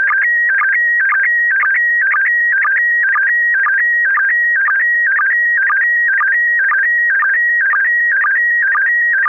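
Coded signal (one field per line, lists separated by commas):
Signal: SSTV (slow-scan television)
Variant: PD120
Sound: steady high whistle with a regular chirping warble and click about twice a second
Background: radio hiss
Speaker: uh affirmative this picture is going to go out PD 120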